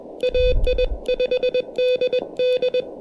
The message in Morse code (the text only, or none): AI5DD